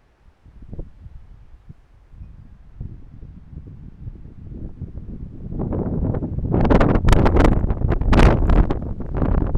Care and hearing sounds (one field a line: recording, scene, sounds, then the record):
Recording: everyday scene through a hearing-aid microphone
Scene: wind on the microphone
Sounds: squally wind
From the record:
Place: parking lot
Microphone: behind the ear, right, front